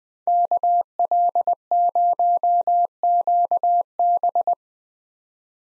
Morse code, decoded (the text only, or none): KL0QB